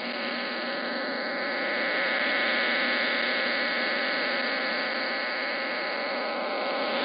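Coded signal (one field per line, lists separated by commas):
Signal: numbers station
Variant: HM01 RDFT digital burst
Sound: continuous dense buzzing, hissing multi-tone data sound with no pauses or speech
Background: radio static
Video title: 09 05 2021 Number station Cuban Spy HM01 in Spanish to Eu,Am 0945 on 9240 Bejucal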